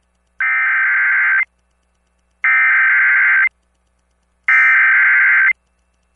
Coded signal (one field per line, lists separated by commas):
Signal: Emergency Alert System (SAME) tones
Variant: header bursts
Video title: (EAS #61) | Tropical Storm Watch for Hawaii on KFMN-FM 97 | 07/17/2023